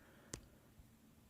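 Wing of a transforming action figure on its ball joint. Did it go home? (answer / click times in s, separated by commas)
yes / 0.3 s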